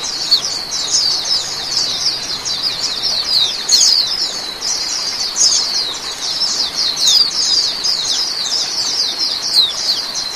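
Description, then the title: Oriental magpie-robin song, a long fast sequence of high chirping and twittering notes, steady throughout with occasional brighter squeaks. "Kicau Kacer"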